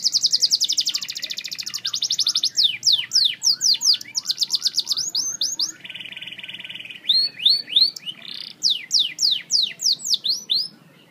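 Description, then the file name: Canary song, a long run of rapid high trills and repeated downslurred whistles, shifting between fast buzzy rolls and sweeping notes. Snow White canary variety, long version. "kenari snow white"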